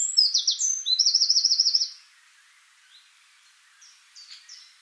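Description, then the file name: Eurasian wren pours out a shrill, rapid trilled phrase for about two seconds, followed by quiet gaps and a few faint high notes. "Troglodytes troglodytes"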